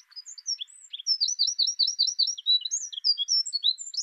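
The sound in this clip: Wren song: a fast cascade of high trills and sharp twittering notes.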